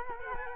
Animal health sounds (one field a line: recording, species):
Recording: mosquito wingbeat signal from an infrared sensor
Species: Culex quinquefasciatus